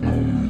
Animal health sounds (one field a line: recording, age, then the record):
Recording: pig call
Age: growing-finishing pig (85 days or more)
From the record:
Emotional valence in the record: positive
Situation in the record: enriched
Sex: female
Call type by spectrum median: low-frequency call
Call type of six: low-frequency modulated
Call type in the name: low-frequency stable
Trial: 2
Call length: 0.49 s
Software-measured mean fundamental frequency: 38 Hz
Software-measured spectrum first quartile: 116 Hz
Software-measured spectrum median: 201 Hz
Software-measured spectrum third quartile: 306 Hz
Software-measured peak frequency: 250 Hz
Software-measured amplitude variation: 128 dB a second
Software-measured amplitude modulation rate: 32.4 a second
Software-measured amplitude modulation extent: 3.9 dB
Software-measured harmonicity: -3.1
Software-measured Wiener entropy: -1.21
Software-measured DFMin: 687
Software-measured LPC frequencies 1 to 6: 1659, 2424, 3075, 3989, 6308, 7251 Hz